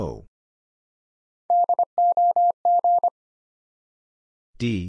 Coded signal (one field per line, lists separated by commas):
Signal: Morse code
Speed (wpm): 25 wpm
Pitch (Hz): 700 Hz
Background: none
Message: DOG